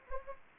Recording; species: mosquito wingbeat signal from an infrared sensor; Anopheles gambiae